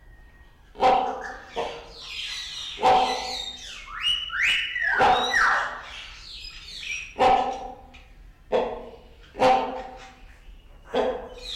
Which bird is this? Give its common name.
Great Hornbill